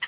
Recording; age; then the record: pig call; piglet (1 to 25 days)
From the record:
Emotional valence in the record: positive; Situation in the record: after nursing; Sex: male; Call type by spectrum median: low-frequency call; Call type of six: low-frequency tonal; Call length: 0.08 s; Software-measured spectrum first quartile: 1899 Hz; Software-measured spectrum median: 2216 Hz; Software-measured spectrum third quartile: 3100 Hz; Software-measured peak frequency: 1988 Hz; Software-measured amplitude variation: 141 dB a second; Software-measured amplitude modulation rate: 6.4 a second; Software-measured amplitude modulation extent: 22.1 dB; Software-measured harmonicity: 5.7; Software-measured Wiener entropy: -1.34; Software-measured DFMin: 894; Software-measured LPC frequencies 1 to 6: 1038, 1970, 3065, 4091, 5038, 6083 Hz